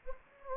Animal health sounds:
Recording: mosquito wingbeat signal from an infrared sensor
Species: Anopheles arabiensis

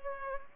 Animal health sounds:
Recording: mosquito wingbeat signal from an infrared sensor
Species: Culex pipiens

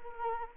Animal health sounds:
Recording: mosquito wingbeat signal from an infrared sensor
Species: Anopheles arabiensis

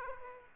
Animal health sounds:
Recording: mosquito wingbeat signal from an infrared sensor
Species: Aedes aegypti

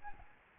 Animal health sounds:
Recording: mosquito wingbeat signal from an infrared sensor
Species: Aedes albopictus

